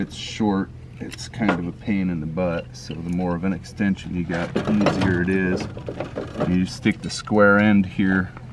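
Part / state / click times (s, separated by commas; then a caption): spare tire crank extension rod into truck spare tire winch key / not seated / none. A metal spare-tire crank extension rod is handled at a truck's spare-tire access hole, with its square end about to go down onto the spare-tire winch key, while someone talks throughout. Nothing has seated or clicked yet; the clip ends before the rod goes home.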